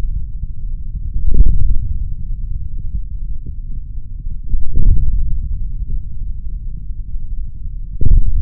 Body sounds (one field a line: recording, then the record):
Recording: forearm muscle sounds (acoustic myography)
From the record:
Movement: hand opening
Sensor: system 3, bracelet of six PUI Audio POM-2738L microphones around the upper forearm, with dedicated amplification and filtering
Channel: 1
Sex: male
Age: 26 years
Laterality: right